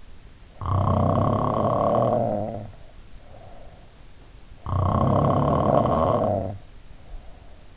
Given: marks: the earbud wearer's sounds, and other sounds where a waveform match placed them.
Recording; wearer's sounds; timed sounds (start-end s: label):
sounds in sleep by an in-ear microphone; snoring breath
0.45-4.05 s: snoring breath
4.46-7.77 s: snoring breath